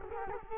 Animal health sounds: mosquito wingbeat signal from an infrared sensor; Culex quinquefasciatus

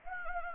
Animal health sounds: mosquito wingbeat signal from an infrared sensor; Anopheles gambiae

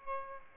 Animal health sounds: mosquito wingbeat signal from an infrared sensor; Aedes albopictus

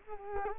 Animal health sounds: mosquito wingbeat signal from an infrared sensor; Culex quinquefasciatus

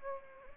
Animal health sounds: mosquito wingbeat signal from an infrared sensor; Anopheles arabiensis

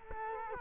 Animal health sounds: mosquito wingbeat signal from an infrared sensor; Culex quinquefasciatus

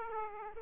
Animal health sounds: mosquito wingbeat signal from an infrared sensor; Aedes aegypti

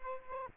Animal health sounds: mosquito wingbeat signal from an infrared sensor; Aedes aegypti

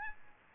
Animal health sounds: mosquito wingbeat signal from an infrared sensor; Aedes albopictus

